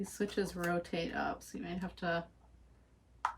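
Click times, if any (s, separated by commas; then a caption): 3.2 s. While a light-up toy is being modified, someone talks as a small switch in the toy housing that has rotated up is pulled back down. A sharp, short pop at 3.3 seconds marks the switch seating back into place.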